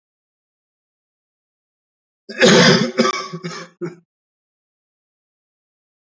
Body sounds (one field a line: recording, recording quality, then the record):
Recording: heavy voluntary cough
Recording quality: excellent, no background noise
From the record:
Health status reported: healthy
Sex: male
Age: 26 years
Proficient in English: yes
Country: India